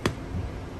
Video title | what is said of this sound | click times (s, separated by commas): How to change front and rear wipers on your Audi Q5 | Push it back in, snaps right in, put it back down. | 0.1 s